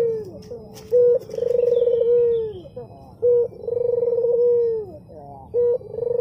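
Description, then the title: Barbary dove repeating a short note and a long rolling coo that drops at the end, about every two seconds, with a few faint high chirps. White variety; masteran training recording for teaching songbirds. "Masteran Burung Puter Putih"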